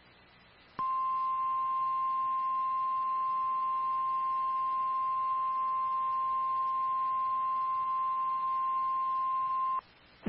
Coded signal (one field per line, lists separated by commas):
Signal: Emergency Alert System (SAME) tones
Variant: 1050 Hz attention tone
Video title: Destructive Severe Thunderstorm Warning for Wichita, Kansas (6/17/25)